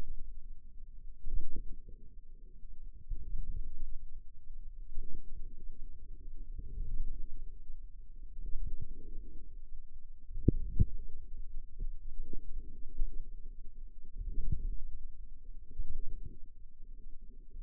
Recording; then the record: forearm muscle sounds (acoustic myography)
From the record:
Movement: outward rotation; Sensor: system 2, bracelet of six BSWA MPA416 microphones around the upper forearm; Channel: 5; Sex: male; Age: 22 years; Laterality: right